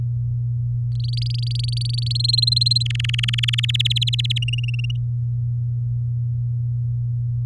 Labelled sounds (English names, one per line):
Domestic Canary song